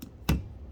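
A new plastic wiper blade adapter on the wiper arm of a 2012 Chevy Volt is wiggled to make sure it has snapped into place. A faint tick comes at 0.0 s, then a sharp broadband snap at 0.3 s. The blade is confirmed seated on the arm.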